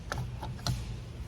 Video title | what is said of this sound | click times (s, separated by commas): Installing Mercury Outboard Controls...FROM AMAZON!!! | as I'm pushing on this I'm not able to quite close the front so what I need to do is | 0.1 s, 0.7 s